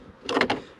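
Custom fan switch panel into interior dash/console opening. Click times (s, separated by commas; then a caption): 0.3 s, 0.4 s. A custom fan switch panel, used to flip the car's fans on, is pressed by hand into its opening in the interior dash/console trim of a car with a 383 stroker LT1, where it sticks on 3M tape. Sharp pops are heard at 0.3 s and 0.4 s, followed by a smaller one near 0.5 s, with quiet before and after. The panel pops in and seats.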